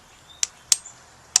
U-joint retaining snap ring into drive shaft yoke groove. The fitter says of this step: it it snaps in place now what you can also do if it doesn't decide